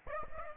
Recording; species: mosquito wingbeat signal from an infrared sensor; Aedes aegypti